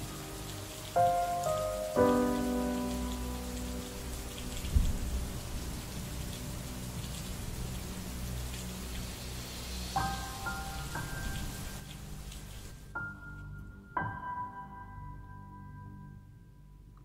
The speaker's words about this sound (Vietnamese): Ngoài trời vẫn cứ mưa.